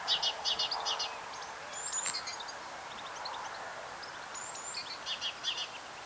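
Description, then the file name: Great tit calling in quick chattering bunches of bright high notes, pausing between bursts, with faint high whistles in the background. "Parus major"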